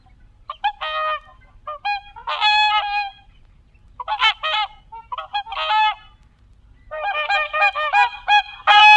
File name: Sound Effects Factory - Whooper Swan Cygnus cygnus